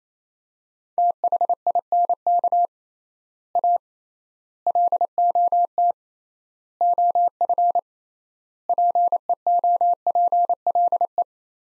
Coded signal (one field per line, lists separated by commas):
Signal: Morse code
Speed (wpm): 28 wpm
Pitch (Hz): 700 Hz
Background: none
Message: THINK A LOT OF PEOPLE